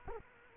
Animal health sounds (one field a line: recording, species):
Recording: mosquito wingbeat signal from an infrared sensor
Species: Culex quinquefasciatus